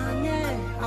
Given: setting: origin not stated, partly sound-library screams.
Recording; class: one-second piece from a danger detection set; normal situation